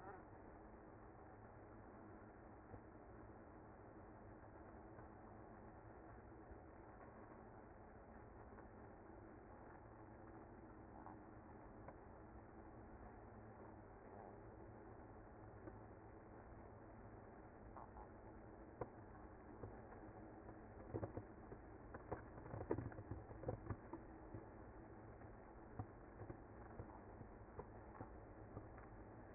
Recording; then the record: honeybee colony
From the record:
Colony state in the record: active